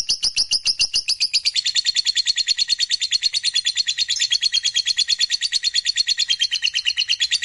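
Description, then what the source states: Lovebird singing a fast, continuous chattering trill of rapid high pulses, steady and unbroken throughout with slight shifts in pitch. Fighter-type lovebird, singing energetically (gacor).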